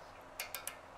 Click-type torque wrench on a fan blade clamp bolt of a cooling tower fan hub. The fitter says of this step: Torque it, tighten it until your torque wrench cams over. You hear that click, and